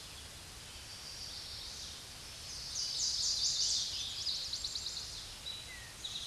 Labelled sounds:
Chestnut-sided Warbler song
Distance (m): 25 m
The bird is about level with the microphone
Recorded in a Pennsylvania forest on 16 May 2024 at 07:02
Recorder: AudioMoth, point MSD-2007
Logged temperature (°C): 16.1 °C
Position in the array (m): 12 m, 25 m

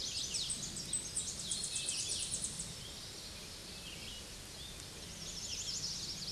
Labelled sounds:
Tennessee Warbler song
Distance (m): 30 m
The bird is about 10 m above the microphone
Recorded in a Pennsylvania forest on 16 May 2024 at 06:24
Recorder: AudioMoth, point MSD-0438
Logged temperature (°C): 14.5 °C
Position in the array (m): 75 m, 87 m

